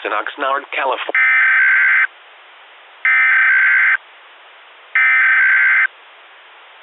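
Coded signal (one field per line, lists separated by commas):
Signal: Emergency Alert System (SAME) tones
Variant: header bursts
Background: speech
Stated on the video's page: Fictional recreation of a Required Monthly Test using valid EAS tones, styled as SAGE ENDEC equipment.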